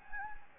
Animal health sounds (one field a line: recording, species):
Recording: mosquito wingbeat signal from an infrared sensor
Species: Anopheles gambiae